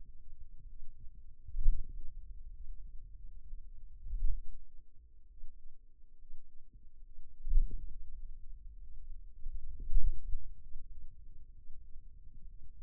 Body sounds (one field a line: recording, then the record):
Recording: forearm muscle sounds (acoustic myography)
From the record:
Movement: pen grasping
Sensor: system 2, bracelet of six BSWA MPA416 microphones around the upper forearm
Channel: 5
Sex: male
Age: 22 years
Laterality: right